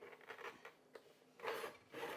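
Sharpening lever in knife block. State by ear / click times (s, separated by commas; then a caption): not seated / none. With a knife inserted in a Ninja NeverDull knife system block, the sharpening lever is handled, giving short rubbing and scraping bursts with a few sharp transients and louder grinding passes near 1.5 s and 2.0 s. The lever has not yet reached the bottom of its travel, and nothing has clicked yet.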